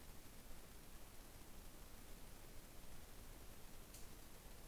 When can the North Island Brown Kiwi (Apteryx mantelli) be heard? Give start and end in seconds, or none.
none